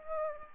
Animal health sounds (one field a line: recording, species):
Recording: mosquito wingbeat signal from an infrared sensor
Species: Aedes aegypti